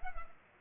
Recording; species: mosquito wingbeat signal from an infrared sensor; Culex pipiens